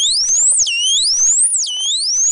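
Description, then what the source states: Dolphin signature whistle: high, clear tonal sweeps, each rising steadily then dropping sharply, given twice, with overlapping fainter contours. Signature whistle of one particular dolphin, unique to that animal and used like a name to introduce itself or keep track of others.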